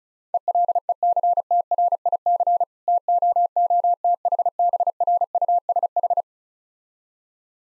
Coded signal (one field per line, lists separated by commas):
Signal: Morse code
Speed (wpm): 35 wpm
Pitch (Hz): 700 Hz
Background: none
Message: ELECTRIC TOOTHBRUSH